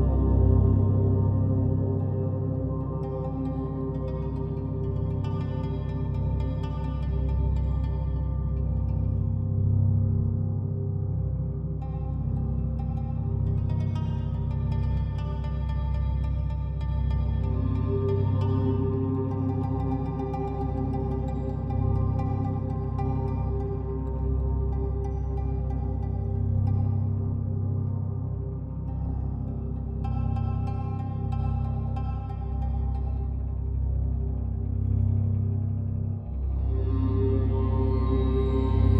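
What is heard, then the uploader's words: Binaural beats: a dense, unbroken drone of stacked low tones that holds steady for the whole stretch. The sound is heavy in the bass with a faint shimmering, bowl-like ring above, and the level barely moves, with only slight swells around the middle and end. Binaural Beats for headache relief.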